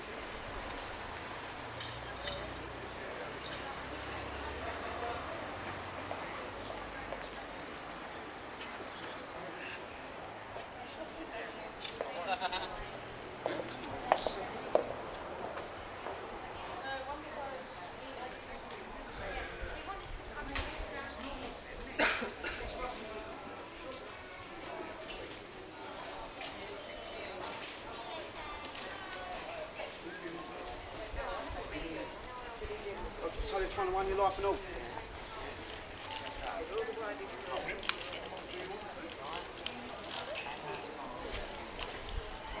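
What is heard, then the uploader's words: Walking outdoors through a seaside town, with voices of passersby talking throughout and a steady low murmur of the street behind them. Sharp clicks and knocks break through now and then, most noticeably around twelve to fifteen seconds and near twenty-two seconds. Soundwalk in Margate. Recorded with handheld Sony PCM-A10.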